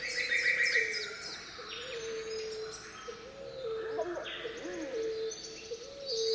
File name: tropical rainforest with pacific emerald doves singing and white-throated treecreepers